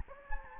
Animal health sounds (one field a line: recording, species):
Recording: mosquito wingbeat signal from an infrared sensor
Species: Anopheles gambiae